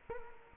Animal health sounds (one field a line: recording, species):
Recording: mosquito wingbeat signal from an infrared sensor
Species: Culex quinquefasciatus